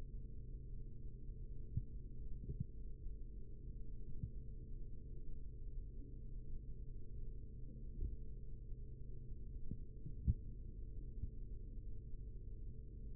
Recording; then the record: forearm muscle sounds (acoustic myography)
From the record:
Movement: rest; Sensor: system 3, bracelet of six PUI Audio POM-2738L microphones around the upper forearm, with dedicated amplification and filtering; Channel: 4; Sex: male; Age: 43 years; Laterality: right